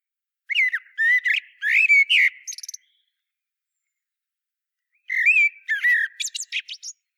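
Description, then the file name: Common blackbird song in two phrases: low fluty whistles that break into a burst of thin, high squeaky notes. "Turdus merula"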